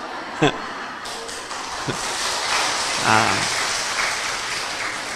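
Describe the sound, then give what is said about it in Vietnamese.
Loud, sustained applause from an audience at a Buddhist dharma talk, a dense wash of clapping with a few brief shouts or voices rising above it. “Nghe có quà cái vỗ tay ầm ầm mà ha.”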